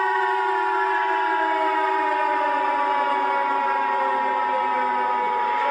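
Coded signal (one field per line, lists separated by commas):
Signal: Emergency Alert System (SAME) tones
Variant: 853 and 960 Hz attention tone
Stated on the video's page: Fictional EAS scenario, not a real alert.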